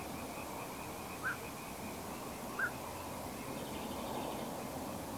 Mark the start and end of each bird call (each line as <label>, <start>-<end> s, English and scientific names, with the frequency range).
Black-crowned Night-Heron (Nycticorax nycticorax) (1.3-1.9 kHz), 1.22-1.37 s
Black-crowned Night-Heron (Nycticorax nycticorax) (1.3-1.8 kHz), 2.56-2.72 s
Common Nightingale (Luscinia megarhynchos) (2.9-3.9 kHz), 3.56-4.43 s